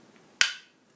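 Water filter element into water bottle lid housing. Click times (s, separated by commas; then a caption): 0.4 s. A water filter element for a Sport Berkey water purification bottle is pushed up into the bottle's lid housing, with its diaphragm set between the teeth. A single sharp pop at 0.4 s marks the element seating in place, followed by a short ring that fades by about 0.7 s. There is no talk.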